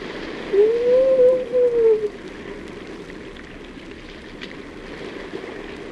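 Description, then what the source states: Fur seal call, a single arched moan rising then falling over about one and a half seconds, followed by steady hissing noise. Fur seal howling in a cave.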